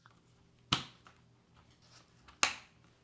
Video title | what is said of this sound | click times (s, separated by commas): I have a Comp Sci degree and I’ve never built a PC (until now!) | we're just going to slightly gently slide that in there we should here it click into place | 0.7 s, 2.4 s